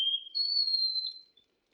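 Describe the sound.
Wallcreeper giving a thin, pure whistle that jumps from a lower note to a higher, drawn-out note, then fades out.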